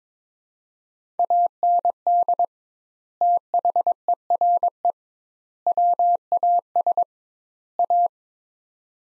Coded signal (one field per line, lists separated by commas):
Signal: Morse code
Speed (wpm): 22 wpm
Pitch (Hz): 700 Hz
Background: none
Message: AND THERE WAS A